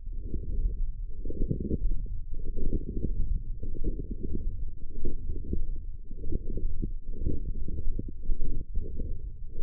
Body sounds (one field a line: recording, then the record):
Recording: forearm muscle sounds (acoustic myography)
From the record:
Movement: forearm supination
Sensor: system 1, eight BSWA MPA416 microphones around the upper forearm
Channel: 6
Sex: male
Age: 21 years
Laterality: right